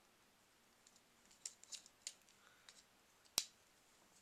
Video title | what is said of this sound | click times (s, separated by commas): Reviewing Transformers - The Battle Begins Pack | Snaps into place, and there you have Galvatron with, Galvatron, here you have Megatron with his sword. | 3.4 s